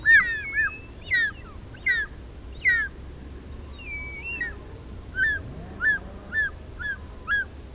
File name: Marco Dragonetti - Zmeeyad Circaetus gallicus